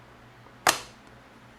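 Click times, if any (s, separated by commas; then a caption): 0.7 s. A fully charged Cardo Packtalk Pro motorcycle helmet communicator unit is pushed onto its magnetic mount on the helmet. A single sharp click sounds at 0.7 s and decays quickly. The unit is seated on the mount.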